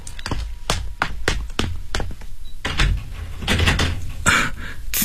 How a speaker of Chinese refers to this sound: 哎， 丁警官来了。 啊，丁警官来了，开门。 我去开门。